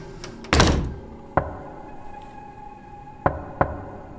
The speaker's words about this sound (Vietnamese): Lời còn chưa xong thì tiếng gõ cửa lại tiếp tục vang lên. Anh ơi, có phải là tiếng gõ cửa đúng không? Để im tao nghe.